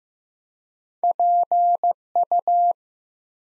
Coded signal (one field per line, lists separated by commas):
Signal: Morse code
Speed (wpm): 15 wpm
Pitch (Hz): 700 Hz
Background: none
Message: PU